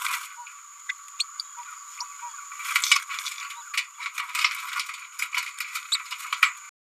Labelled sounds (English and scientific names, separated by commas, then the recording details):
Green-rumped Parrotlet (Forpus passerinus) babbling
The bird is a male
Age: 28 days
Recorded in a nest box in Venezuela
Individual 17B102A4